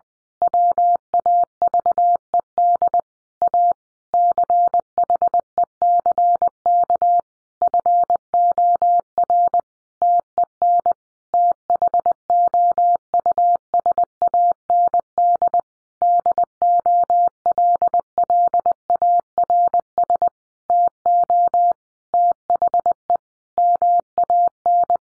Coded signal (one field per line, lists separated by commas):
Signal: Morse code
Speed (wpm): 20 wpm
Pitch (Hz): 700 Hz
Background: none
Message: WAVED A CHECK FOR TEN THOUSAND DOLLARS TO THE MAN